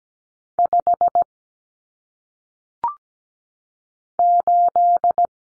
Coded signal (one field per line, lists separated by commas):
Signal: Morse code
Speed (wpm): 17 wpm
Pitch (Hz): 700 Hz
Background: none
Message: 5 8